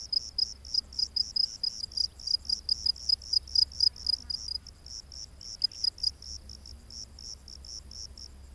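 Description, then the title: Cricket chirping loudly in quick regular bursts of high pulses, then continuing more softly toward the end. Crickets recorded during the day. "grillos de dia"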